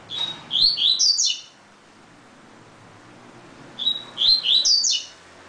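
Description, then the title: Double-collared seedeater song, two brief phrases of high sweet whistles and quick chirping notes separated by a pause of about two seconds. "Canto Coleiro"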